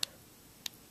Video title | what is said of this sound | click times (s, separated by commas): Portable iPhone Backup Battery | you line it up and it'll it'll snap right in right and then you'll see nothing's loose | 0.0 s, 0.7 s